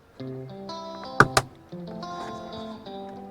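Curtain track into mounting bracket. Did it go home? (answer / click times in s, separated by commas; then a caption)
yes / 1.2 s. With guitar music playing, a privacy curtain track is fitted into a plastic mounting bracket: its bottom goes in first, then the top is pushed until the track clicks into the bracket. A sharp click sounds at 1.2 s, followed by a second sharp tap at about 1.4 s, and the track is seated in the bracket.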